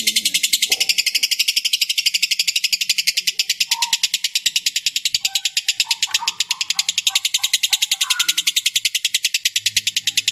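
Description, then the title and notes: Lovebird's dense, rapid high trill running nonstop, with scattered softer lower notes beneath it. Ngekek style song, a long chattering lovebird song used as a lure or training song for other birds. "Master Kicau Lovebird ngekek, kicau pancingan"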